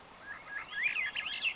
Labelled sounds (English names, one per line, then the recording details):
Swainson's Thrush
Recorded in Sonoma County, California